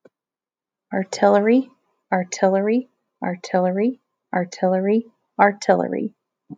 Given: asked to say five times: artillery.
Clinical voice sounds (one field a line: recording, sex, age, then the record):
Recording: repeated word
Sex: female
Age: 30 to 39 years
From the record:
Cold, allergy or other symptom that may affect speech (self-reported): no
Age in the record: 32 years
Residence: Arizona, United States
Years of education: 18